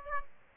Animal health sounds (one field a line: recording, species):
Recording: mosquito wingbeat signal from an infrared sensor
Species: Aedes aegypti